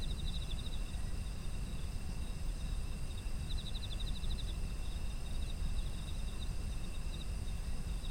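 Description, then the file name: Steady shrill insect trills, joined by rapid chirp bursts at the start and again near four seconds, over a constant low-frequency rumble. Autumn insects, ambient environmental sound. "秋の虫の環境音"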